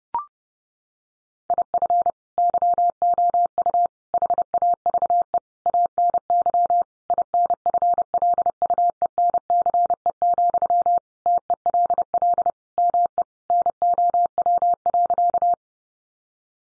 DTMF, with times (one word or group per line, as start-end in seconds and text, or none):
none